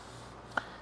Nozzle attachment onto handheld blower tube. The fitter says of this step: So this just kind of snaps into place, and